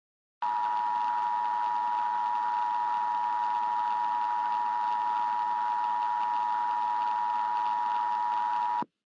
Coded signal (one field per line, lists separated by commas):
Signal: Emergency Alert System (SAME) tones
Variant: 853 and 960 Hz attention tone